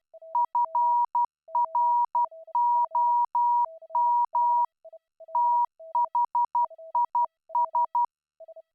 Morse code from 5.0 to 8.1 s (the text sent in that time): THIS